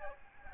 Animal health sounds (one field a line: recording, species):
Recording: mosquito wingbeat signal from an infrared sensor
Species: Aedes albopictus